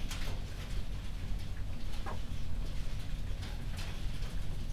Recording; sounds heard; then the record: poultry house recording; sick chickens (respiratory disease)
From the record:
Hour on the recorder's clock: 21